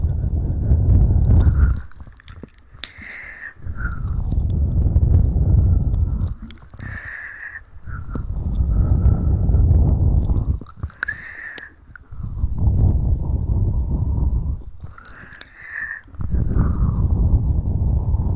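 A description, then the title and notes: Ear massage with mouth sounds: long muffled rubbing swells alternate with short quiet gaps holding wet clicks, roughly every four seconds. Ear massage & Mouth sounds.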